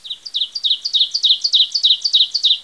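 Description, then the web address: Songbird song: rapid, high, bright chirps in quick two-note falling pairs, repeated steadily about three times a second throughout, with no other sounds. "Individual Software Inc-Screen Saver Creator 5 Deluxe Edition-Win 95. Songbird"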